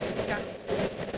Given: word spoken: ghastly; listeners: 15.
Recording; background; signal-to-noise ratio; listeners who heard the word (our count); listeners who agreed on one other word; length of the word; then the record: one English word in noise, from a listening test; noise modulated by three-talker babble; -8.0 dB; 3 of 15; 7 of 15; 0.78 s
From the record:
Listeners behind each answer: 7, 3, 1, 1, 1, 1, 1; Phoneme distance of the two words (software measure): 30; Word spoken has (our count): 2 syllables, 6 phonemes, stress on syllable 1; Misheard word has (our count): 2 syllables, 6 phonemes, stress on syllable 1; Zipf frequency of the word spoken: 3.47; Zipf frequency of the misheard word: 2.99